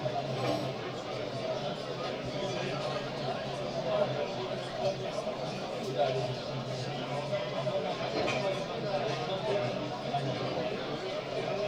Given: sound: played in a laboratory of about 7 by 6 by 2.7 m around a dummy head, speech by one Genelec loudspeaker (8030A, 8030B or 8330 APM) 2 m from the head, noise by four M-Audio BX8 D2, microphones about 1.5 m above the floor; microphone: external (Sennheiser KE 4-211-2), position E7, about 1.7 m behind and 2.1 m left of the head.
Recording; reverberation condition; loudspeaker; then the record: cafeteria noise; low; four, about 170 cm from the corners of the room and facing them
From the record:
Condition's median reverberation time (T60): about 310 ms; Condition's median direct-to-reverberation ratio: about 3.5 dB